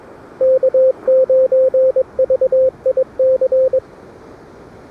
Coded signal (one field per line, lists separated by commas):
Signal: Morse code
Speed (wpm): 21 wpm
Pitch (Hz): 500 Hz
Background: radio noise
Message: K9VIC